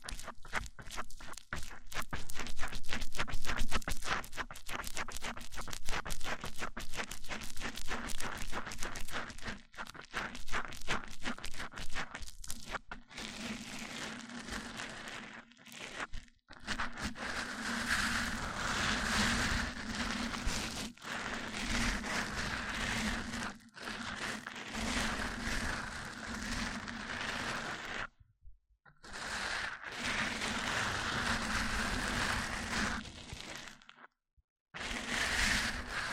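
Mic-on-mic triggers: for the first dozen seconds, fast, regular scratchy taps come in a tight stream. After that it turns into denser, continuous bright rubbing and scraping, broken by brief silent gaps near 16, 28 and 34 seconds, over a steady low hum.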